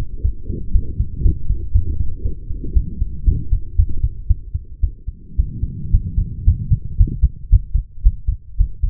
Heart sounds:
heart sounds by stethoscope; 115 bpm
0.22 s: heartbeat
0.73 s: heartbeat
1.23 s: heartbeat
1.73 s: heartbeat
2.23 s: heartbeat
2.74 s: heartbeat
3.26 s: heartbeat
3.77 s: heartbeat
4.28 s: heartbeat
4.81 s: heartbeat
5.37 s: heartbeat
5.91 s: heartbeat
6.45 s: heartbeat
6.98 s: heartbeat
7.50 s: heartbeat
8.03 s: heartbeat
8.58 s: heartbeat
From the record:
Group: healthy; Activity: light exercise 0-2 s, rest 2-9 s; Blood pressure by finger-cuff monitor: 117/87 mmHg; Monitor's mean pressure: 97 mmHg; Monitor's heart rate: 117 bpm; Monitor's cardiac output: 8.8 L/min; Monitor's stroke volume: 76 mL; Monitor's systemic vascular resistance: 770 dyn s/cm5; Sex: female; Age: 23 years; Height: 160 cm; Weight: 50.4 kg

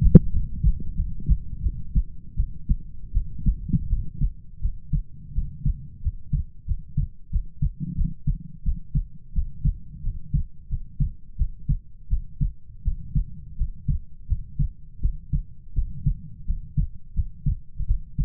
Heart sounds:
heart sounds by stethoscope; 85 bpm
0.31 s: heartbeat
0.94 s: heartbeat
1.61 s: heartbeat
2.35 s: heartbeat
3.12 s: heartbeat
3.88 s: heartbeat
4.60 s: heartbeat
5.33 s: heartbeat
6.01 s: heartbeat
6.65 s: heartbeat
7.30 s: heartbeat
7.95 s: heartbeat
8.63 s: heartbeat
9.33 s: heartbeat
10.02 s: heartbeat
10.68 s: heartbeat
11.36 s: heartbeat
12.08 s: heartbeat
12.82 s: heartbeat
13.56 s: heartbeat
14.27 s: heartbeat
15.00 s: heartbeat
15.73 s: heartbeat
16.45 s: heartbeat
17.13 s: heartbeat
17.86 s: heartbeat
From the record:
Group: healthy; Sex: female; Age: 19 years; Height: 163 cm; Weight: 48.9 kg

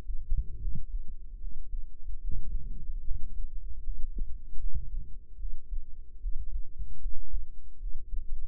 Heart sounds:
heart sounds by microphone in the right ear; 75 bpm
0.59 s: heartbeat
1.38 s: heartbeat
2.19 s: heartbeat
3.02 s: heartbeat
3.81 s: heartbeat
4.57 s: heartbeat
5.36 s: heartbeat
6.19 s: heartbeat
6.99 s: heartbeat
7.77 s: heartbeat
From the record:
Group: healthy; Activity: rest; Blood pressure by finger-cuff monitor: 113/76 mmHg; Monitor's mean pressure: 89 mmHg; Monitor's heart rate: 73 bpm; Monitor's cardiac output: 6.1 L/min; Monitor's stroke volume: 85 mL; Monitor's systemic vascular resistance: 1080 dyn s/cm5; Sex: female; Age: 22 years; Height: 160 cm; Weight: 45 kg

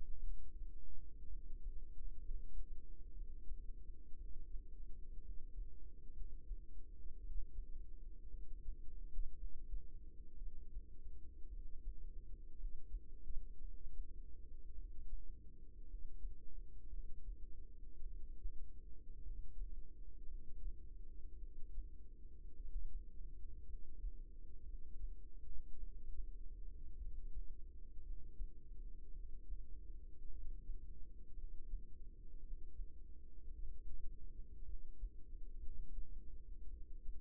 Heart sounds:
heart sounds by microphone in the right ear; 56 bpm
0.22 s: heartbeat
1.28 s: heartbeat
2.19 s: heartbeat
3.12 s: heartbeat
4.15 s: heartbeat
5.20 s: heartbeat
6.12 s: heartbeat
7.19 s: heartbeat
8.29 s: heartbeat
9.35 s: heartbeat
10.37 s: heartbeat
11.48 s: heartbeat
12.55 s: heartbeat
13.59 s: heartbeat
14.73 s: heartbeat
15.85 s: heartbeat
16.88 s: heartbeat
18.05 s: heartbeat
19.21 s: heartbeat
20.26 s: heartbeat
21.37 s: heartbeat
22.55 s: heartbeat
23.65 s: heartbeat
24.63 s: heartbeat
25.78 s: heartbeat
26.96 s: heartbeat
28.01 s: heartbeat
29.11 s: heartbeat
30.29 s: heartbeat
31.33 s: heartbeat
32.39 s: heartbeat
33.53 s: heartbeat
34.63 s: heartbeat
35.58 s: heartbeat
36.68 s: heartbeat
From the record:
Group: healthy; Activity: rest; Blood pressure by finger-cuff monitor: 82/54 mmHg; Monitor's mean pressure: 63 mmHg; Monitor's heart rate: 57 bpm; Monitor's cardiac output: 4.2 L/min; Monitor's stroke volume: 76 mL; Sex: female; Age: 36 years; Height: 163 cm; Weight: 88 kg

